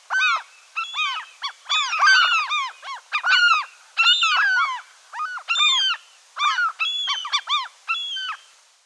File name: Larus canus